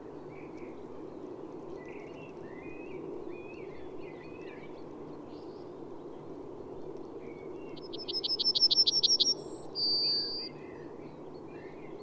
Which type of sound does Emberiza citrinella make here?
song